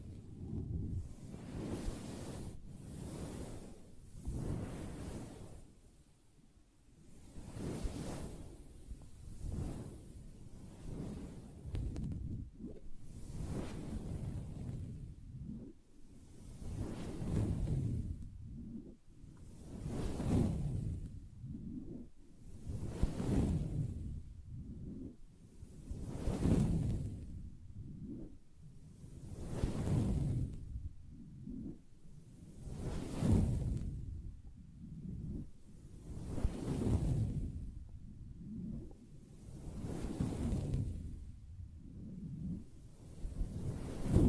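Soft scratching and brushing on a fabric surface, falling into slow regular swells roughly every three seconds. Each stroke is mostly a dull, muffled rustle with a faint airy hiss on top, and the pattern holds steady throughout.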